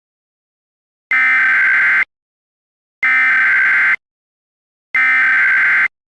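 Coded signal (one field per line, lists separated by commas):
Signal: Emergency Alert System (SAME) tones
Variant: header bursts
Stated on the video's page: Mock EAS alert for a radiological emergency.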